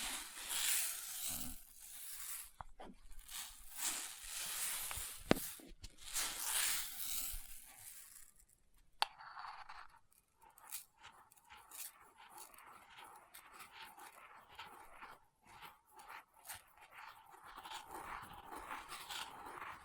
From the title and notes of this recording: ASMR Experimental Triggers in Test Tubes (No Talking).